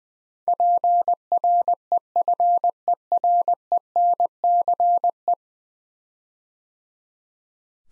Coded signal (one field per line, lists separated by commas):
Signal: Morse code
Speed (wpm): 21 wpm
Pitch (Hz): 700 Hz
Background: none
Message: PREFERENCE